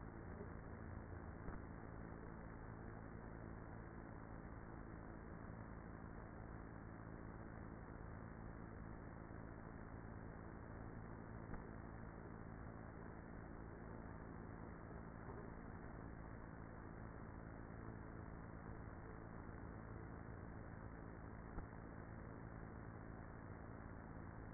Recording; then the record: honeybee colony, microphone inside the hive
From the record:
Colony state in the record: queenless with a low population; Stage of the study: after two queens were removed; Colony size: about 30,000 bees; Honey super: no